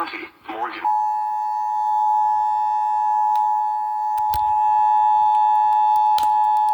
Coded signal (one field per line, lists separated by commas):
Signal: Emergency Alert System (SAME) tones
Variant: 853 and 960 Hz attention tone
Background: speech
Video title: 3 Alerts in Indianapolis Severe Thunderstom Warnings and Tornado Warning on FM Radio (EAS #400-416)